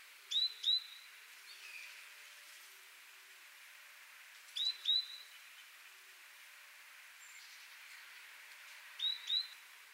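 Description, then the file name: Great tit song: crisp paired whistled notes repeated three times at roughly four-second intervals, with a steady faint hiss behind. "Parus major"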